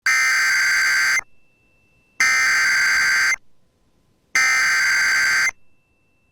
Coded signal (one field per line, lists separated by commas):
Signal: Emergency Alert System (SAME) tones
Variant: header bursts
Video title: Severe Thunderstorm Warning (Kandiyohi, Meeker, Stearns Counties, MN) (8/8/25) [EAS #256]